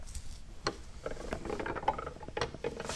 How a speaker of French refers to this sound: Et ensuite, là, on va donc faire passer le plateau où situe la plaque avec le papier sous la presse. Mmh. Donc là, on a une manivelle et on va mettre deux coups de manivelle pour passer le plateau sous la presse.